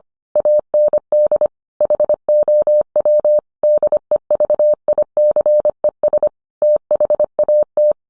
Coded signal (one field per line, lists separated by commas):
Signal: Morse code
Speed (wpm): 25 wpm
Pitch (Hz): 600 Hz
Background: none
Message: AND HOW DEVICES THAT